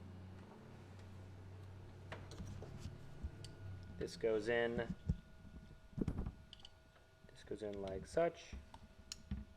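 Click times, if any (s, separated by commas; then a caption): 9.1 s. Someone talks while pushing the plastic connector of an exhaust valve controller interception harness for an R8/Gallardo/Huracan into the original exhaust valve solenoid wiring connector, with small handling clicks and rustles along the way. A sharp click at 9.1 s marks the connector seating fully into the solenoid connection.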